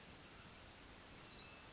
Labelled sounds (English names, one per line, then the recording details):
Orange-crowned Warbler
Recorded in Sonoma County, California